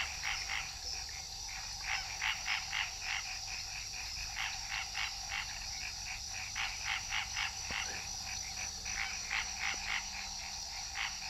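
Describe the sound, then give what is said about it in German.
At night near the Amazon, frogs croak in rapid repeated bursts of bright, pulsing calls over a steady high insect-like hum, the chorus rising and falling in clusters without any voices. “Mitten in der Nacht, in der Nähe des Amazonas, über mir die Fledermäuse, Glühwürmchen, die Frösche, die Quaken, unheimlich viele Mücken und dieses Krokodil.”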